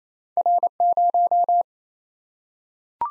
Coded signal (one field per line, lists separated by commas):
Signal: Morse code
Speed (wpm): 28 wpm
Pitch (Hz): 700 Hz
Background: none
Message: R0